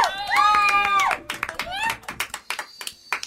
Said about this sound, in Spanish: Y también tenemos tribuna, tenemos mucha gente en la tribuna hoy. Creo que es la más concurrida del 2013, si no me equivoco. Sí. Exactamente. 1, 2, 3, 4, 5, 33, 38, 42 personas en la tribuna. ¡Un aplauso gigante!